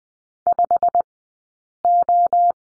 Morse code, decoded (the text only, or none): 5O